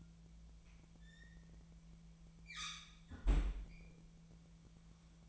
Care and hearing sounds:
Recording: daily activity, microphone in the room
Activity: close fridge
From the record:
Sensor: 1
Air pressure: 1009.7 hPa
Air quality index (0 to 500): 193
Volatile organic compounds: 19 ppm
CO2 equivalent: 2640 ppm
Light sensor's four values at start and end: 29/74/31/37 and 29/73/30/36

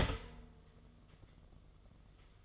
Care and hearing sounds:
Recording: daily activity, microphone in the room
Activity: start toaster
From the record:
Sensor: 4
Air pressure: 1015.5 hPa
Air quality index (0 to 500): 200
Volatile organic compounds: 10 ppm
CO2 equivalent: 2227 ppm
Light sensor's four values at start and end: 4/8/3/2 and 4/9/3/3

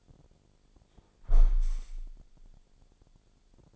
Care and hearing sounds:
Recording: daily activity, microphone in the room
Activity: close window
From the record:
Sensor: 5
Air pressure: 1000.5 hPa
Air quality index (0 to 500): 150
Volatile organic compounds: 2 ppm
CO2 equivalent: 1151 ppm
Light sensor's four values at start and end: 40/94/39/42 and 40/94/39/42

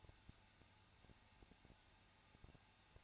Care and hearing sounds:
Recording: daily activity, microphone in the room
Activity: no activity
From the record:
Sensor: 2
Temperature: 21.0 degrees Celsius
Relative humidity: 34.2%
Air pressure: 994.4 hPa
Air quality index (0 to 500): 172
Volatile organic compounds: 3 ppm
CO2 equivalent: 1337 ppm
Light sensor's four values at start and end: 2/3/2/2 and 2/3/2/2

